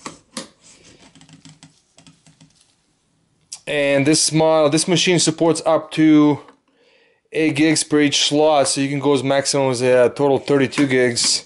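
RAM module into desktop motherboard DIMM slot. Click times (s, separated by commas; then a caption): 0.1 s, 0.4 s. A DDR3 RAM stick is pressed into a DIMM slot on the motherboard of a Dell OptiPlex 7020 SFF desktop. Two sharp clicks at 0.1 s and 0.4 s mean the retention clips on both ends have latched and the module is seated, followed by a few faint ticks. Someone then talks over the rest of the clip.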